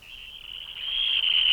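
Dunlin giving a short, buzzy trill that swells steadily louder over under two seconds.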